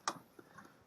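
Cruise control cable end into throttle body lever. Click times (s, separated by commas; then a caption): 0.1 s. On a 2003 GM Montana with the 3.4 engine, the cruise control cable end is slid into the groove on the throttle body lever and pulled up until it clicks onto its retainer. A sharp, bright click lands at 0.1 s, followed by two faint ticks around 0.4 and 0.6 s. The cable end is seated on the lever, and the throttle is installed.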